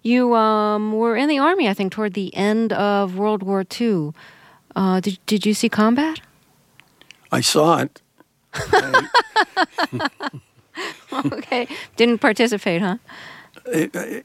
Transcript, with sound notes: you were in the Army, I think, toward the end of World War II. Did you see combat?
I saw it.
(LAUGHTER)
OK, didn't participate, huh?